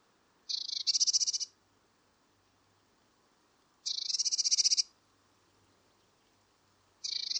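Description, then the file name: Eurasian blue tit call: harsh, buzzy churring bursts of fast pulses, about a second long, given three times with pauses of roughly two seconds, the last cut short. "Cyanistes caeruleus"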